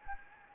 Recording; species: mosquito wingbeat signal from an infrared sensor; Anopheles gambiae